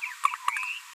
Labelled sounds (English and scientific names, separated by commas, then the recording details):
Green-rumped Parrotlet (Forpus passerinus) babbling
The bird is a female
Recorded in a nest box in Venezuela
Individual 17B73B2